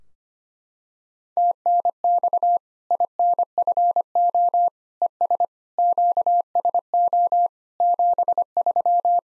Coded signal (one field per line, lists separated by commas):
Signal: Morse code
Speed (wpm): 25 wpm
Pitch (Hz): 700 Hz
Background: none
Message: TNX INFO ES QSO 73